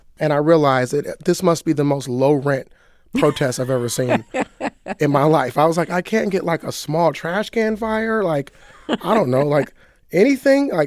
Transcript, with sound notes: And I realized this must be the most low-rent protest I've ever seen... (Laughter) ...In my life. I was like - I can't get, like, a small trash can fire? (Laughter) Like, I don't know. Like, anything?